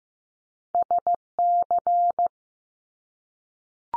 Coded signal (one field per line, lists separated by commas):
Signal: Morse code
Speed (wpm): 15 wpm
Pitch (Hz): 700 Hz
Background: none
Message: SC